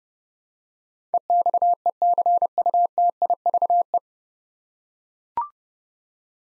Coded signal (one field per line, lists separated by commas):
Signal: Morse code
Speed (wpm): 32 wpm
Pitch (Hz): 700 Hz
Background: none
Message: EXECUTIVE